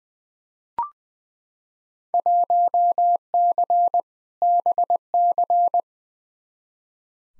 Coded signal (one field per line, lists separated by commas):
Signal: Morse code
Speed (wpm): 21 wpm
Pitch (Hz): 700 Hz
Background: none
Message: 1C BC